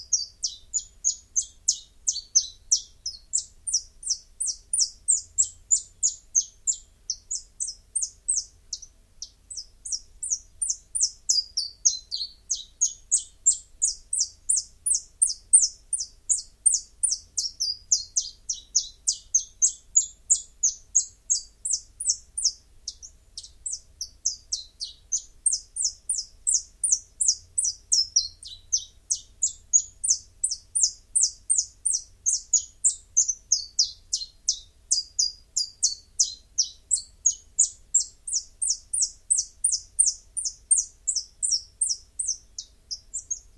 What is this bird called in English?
Common Chiffchaff